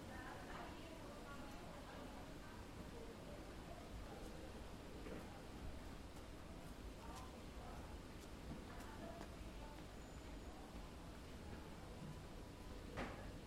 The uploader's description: a customer buying freesias, people walking through the market en route to other parts of the city; the sounds of traffic in the background, and flower sellers greeting customers, chatting to one another and filling their buckets with water